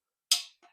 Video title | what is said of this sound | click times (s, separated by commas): How to Install a Crankshaft and Check Clearances with Plasti Gauge /Engine Rebuilding | And that's uh And you can hear the click type torque wrench | 0.3 s